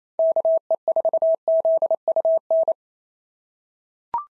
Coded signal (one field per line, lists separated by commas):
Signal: Morse code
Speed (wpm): 28 wpm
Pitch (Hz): 650 Hz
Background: none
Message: KE4ZUN